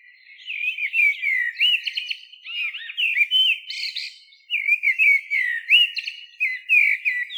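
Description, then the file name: Common blackbird song: repeated mellow whistled phrases with looping rising and falling notes, broken by short pauses and occasional high scratchy notes. "Turdus merula"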